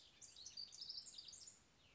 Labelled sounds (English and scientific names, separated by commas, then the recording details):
House Wren (Troglodytes aedon)
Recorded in Sonoma County, California